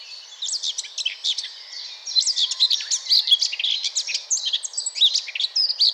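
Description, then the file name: Eurasian blackcap giving a quiet start then a brighter, rapid warble of fluty whistles and chatter over the last four seconds. "Sylvia atricapilla"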